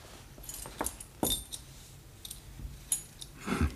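Keys clink and jingle as they are passed from hand to hand, a few brief metallic bursts scattered over several seconds amid soft rustling, with no one speaking.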